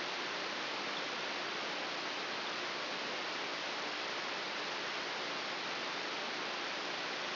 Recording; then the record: brain microelectrode recording played as sound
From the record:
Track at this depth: inside the subthalamic nucleus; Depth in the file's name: 3.402 mm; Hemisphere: right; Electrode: 3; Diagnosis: Parkinson's disease